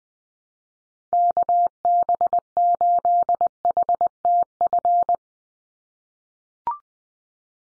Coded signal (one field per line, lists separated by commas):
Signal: Morse code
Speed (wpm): 20 wpm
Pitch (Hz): 700 Hz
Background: none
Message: KB8HTF